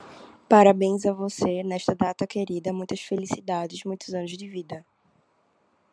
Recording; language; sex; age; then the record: short text; Brazilian Portuguese; female; 20 to 29 years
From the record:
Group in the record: control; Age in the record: 22 years